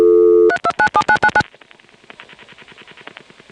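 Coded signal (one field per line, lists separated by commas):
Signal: DTMF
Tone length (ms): 70 ms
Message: 3297999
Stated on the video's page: Telephone DTMF and call progress tones from a Step-ESS telephone switching system.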